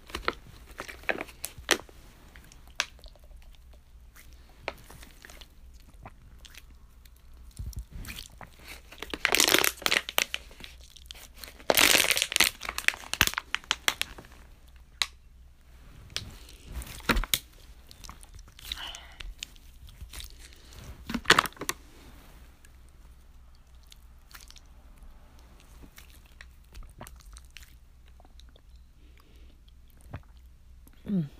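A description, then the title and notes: Someone squeezes a stress ball and drinks water, making irregular squishing, crinkling and wet gulping sounds. The busiest bursts come around nine to thirteen seconds and again near twenty-one seconds. Between them are softer clicks and pauses over a low hum. In this clip I squeeze a stress ball and drink water at the same time.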